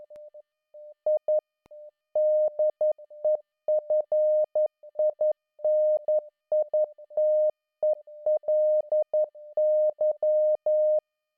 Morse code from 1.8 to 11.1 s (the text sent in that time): DEFINITELY